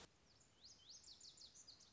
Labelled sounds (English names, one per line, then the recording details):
Lazuli Bunting
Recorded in Sonoma County, California